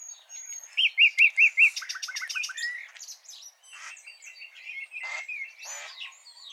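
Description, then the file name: Common nightingale song: a few pure rising-falling whistles, then a chattering burst and varied scratchy phrases with pauses. "Luscinia megarhynchos"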